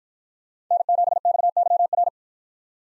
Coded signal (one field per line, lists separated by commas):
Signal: Morse code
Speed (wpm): 48 wpm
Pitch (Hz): 700 Hz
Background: none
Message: N7XYR